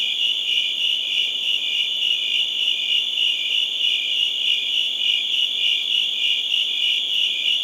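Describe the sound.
Cricket, a continuous shrill pulsing trill holding one high pitch without pause.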